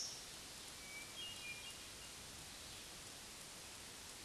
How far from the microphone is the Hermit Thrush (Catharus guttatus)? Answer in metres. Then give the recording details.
about 50 m. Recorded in a Pennsylvania forest on 3 June 2023 at 07:12. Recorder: AudioMoth, point grid3_27_low. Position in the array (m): 76 m, 38 m